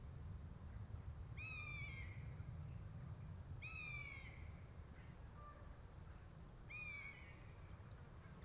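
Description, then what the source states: Buzzard calling with three falling, mewing cries and a brief softer note between them, low rumble behind. A pair of buzzards.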